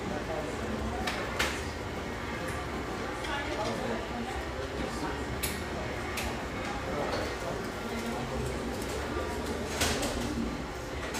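Lively coffeeshop ambience with a steady, dense murmur of overlapping voices throughout. Brief sharp clinks and knocks stand out now and then, clearest around one and a half, five and a half, and ten seconds, over a low constant rumble.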